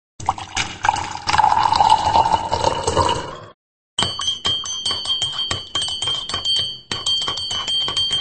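Coffee pours steadily into a cup for about three seconds during a morning radio show, then after a brief pause comes a run of quick, bright ringing clinks, like a spoon against a cup.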